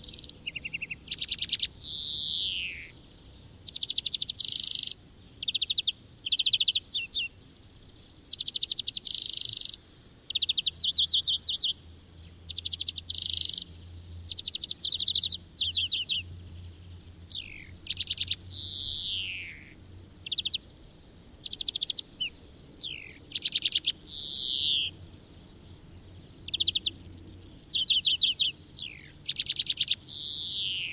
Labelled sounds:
European Greenfinch song
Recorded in the wild
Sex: male
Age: adult
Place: Erlangen, Wehneltstraße, Bayern, DE
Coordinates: 49.5781, 11.0028
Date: 1964-04-09
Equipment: Vollspur
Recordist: Tretzel, Erwin
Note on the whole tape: Erlangen, Wehneltstraße, Männchen: Gesang

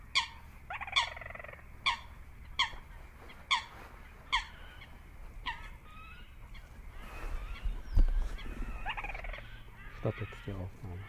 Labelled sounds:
Little Crake song
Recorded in the wild
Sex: female
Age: adult
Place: Kützerhof, Kummerower See, Mecklenburg-Vorpommern, DE
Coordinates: 53.8556, 12.8631
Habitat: wetland
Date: 2011-04-18 22:20
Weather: clear, full moon, 10°C, weak northerly winds
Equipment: Sound Devices 702, Sennheiser MKH 70, Rycote Windschutz
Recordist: Frommolt, Karl-Heinz

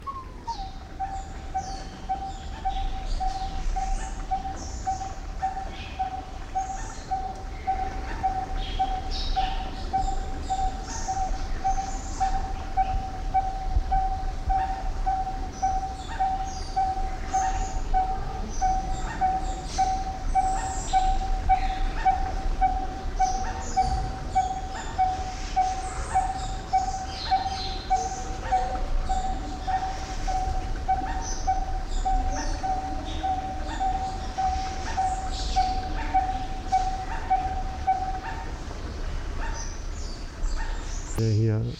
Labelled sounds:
Chinese Bamboo Partridge
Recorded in captivity
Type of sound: song, call sequence
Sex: pair
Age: adult
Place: Zoo Berlin, Berlin, DE
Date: 1995-02-04 11:50
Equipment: Marantz CP 130, Sennheiser ME 80, Kopie Uher Variocord 263
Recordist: Tembrock, Günter
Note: Rufreihe, bei Beginn eingeschaltet, nicht gesehen

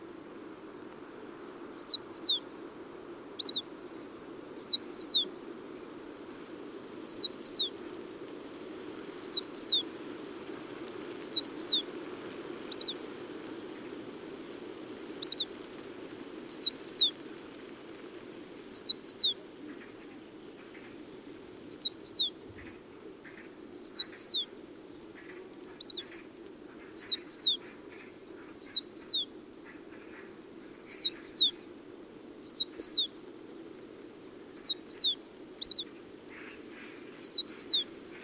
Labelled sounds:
Yellow-browed Warbler song
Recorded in the wild
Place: Chudjirt, MN
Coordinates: 47.013, 102.255
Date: 1979-06-07 19:12
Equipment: Nagra III BH, Sennheiser MD 21, parabola
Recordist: Schubert, Michael
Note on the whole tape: Gesang Gelbbrauenlaubsänger

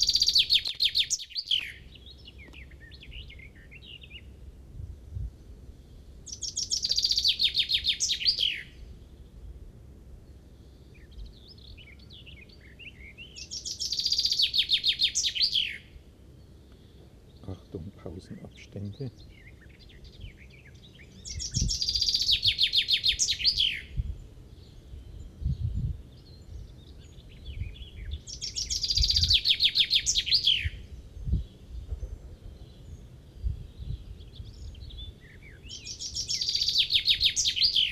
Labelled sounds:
Common Chaffinch song
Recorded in the wild
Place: Montreux, Kanton Waadt, CH
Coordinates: 46.4311, 6.93861
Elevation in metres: 1053
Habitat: mountains
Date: 1986-05-20
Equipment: Uher 4000 Report, Sennheiser MKH 815 T
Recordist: Tretzel, Erwin

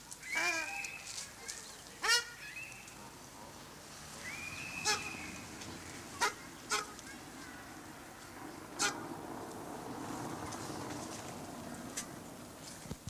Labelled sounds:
Ruddy Shelduck call
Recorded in captivity
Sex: group
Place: Zoo Halle, Sachsen-Anhalt, DE
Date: 2003-10-19 18:00
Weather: fair, 5-6°C
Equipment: Fair Mate ST-1328 (Asahi Electronics, Japan), Sennheiser ME 80, Kopie Uher 4000 Report Monitor
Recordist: Tembrock, Günter

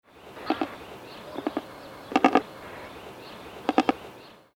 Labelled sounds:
Secretarybird
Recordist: Tembrock, Günter
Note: Rufe

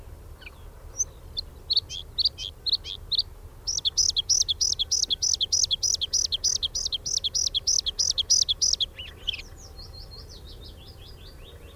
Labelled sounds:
Bluethroat song
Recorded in the wild
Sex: male
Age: adult
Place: Hallstadt, Bayern, DE
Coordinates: 49.9247, 10.8625
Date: 1964-04-17
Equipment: Vollspur
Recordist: Tretzel, Erwin

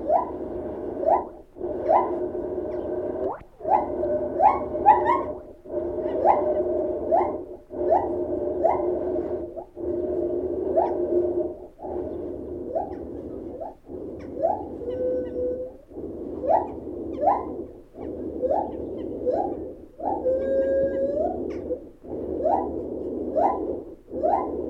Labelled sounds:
Lar Gibbon
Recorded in captivity
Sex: pair
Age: adult
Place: Tierpark Berlin, Berlin, DE
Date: 1969-12-21
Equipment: Uher 4200 Report Stereo, Transistorverstärker II, Sennheiser MD 421, Doppelspuraufnahme
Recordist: Tembrock, Günter

